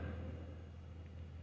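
The big end of an installer tool is slid onto the tip of a Ford EcoBoost direct fuel injector to position and turn a Teflon seal ring before it is pushed home. Only a low, steady rumble is heard with no sharp sounds, and nothing has seated or clicked yet.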